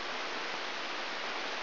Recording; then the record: brain microelectrode recording played as sound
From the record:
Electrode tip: outside the subthalamic nucleus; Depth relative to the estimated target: 0.4 mm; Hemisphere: right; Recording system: AlphaMap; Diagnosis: Parkinson's disease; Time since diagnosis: 23 years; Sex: male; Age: 63 years